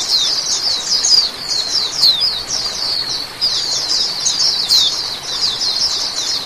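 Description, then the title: Oriental magpie-robin song: rapid high chattering notes strung together without pause, with a few sharper squeaky accents standing out from the stream. "Kicau Kacer"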